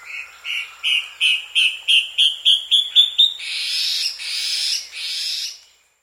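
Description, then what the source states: Saturnine antshrike song: a series of short nasal notes that speed up and rise in pitch, then end in three longer, harsher notes. South America.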